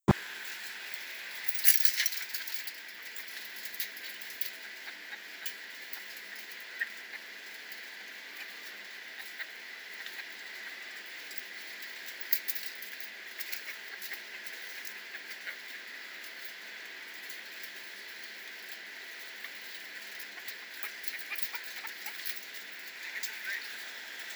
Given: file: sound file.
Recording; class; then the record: poultry; drinking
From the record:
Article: Edge intelligence for poultry welfare: Utilizing tiny machine learning neural network processors for vocalization analysis